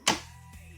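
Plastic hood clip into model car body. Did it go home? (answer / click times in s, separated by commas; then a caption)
yes / 0.1 s. A plastic hood clip is pressed down into the body of a Haslab Ghostbusters Ecto-1 model car and snaps home with one sharp, bright click at 0.1 s, then fades into a quiet low hum. The clip is seated.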